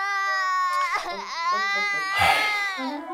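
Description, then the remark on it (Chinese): Loud, high-pitched crying and sobbing from two AI little nurses crying on a staff member's command: drawn-out wails that waver and slide in pitch, broken by short catching sobs, with a harsher burst of wailing near the end. “小护士的哭声此起彼伏，效果成倍增加。”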